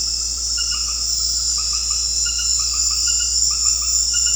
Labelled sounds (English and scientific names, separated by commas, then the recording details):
none
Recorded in secondary vegetation near Puerto Asís, Putumayo, Colombia, on 9 March 2025 at 19:30
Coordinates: 0.484, -76.319
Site G010